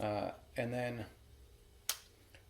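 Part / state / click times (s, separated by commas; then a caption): archery release into belt holster / seated / 1.9 s. Someone talks, then a large Silverback Plus archery release is rocked back into a molded belt holster and snaps home with a sharp, firm click at 1.9 s, followed by a faint tick at 2.4 s. The release is seated in the holster.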